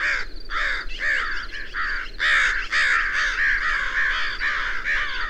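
Birds giving harsh, drawn-out caws, one after another with hardly a pause, a dense chorus from several callers.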